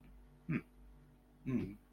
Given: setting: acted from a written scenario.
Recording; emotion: vocal sound without words; neutral